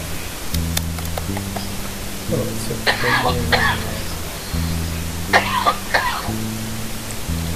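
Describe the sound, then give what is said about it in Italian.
Two bursts of harsh, echoing coughs, each made of a couple of quick hacks with a reverberant tail, over a steady low droning tone that shifts pitch in steps. “Oh, la tosse con riverbero.”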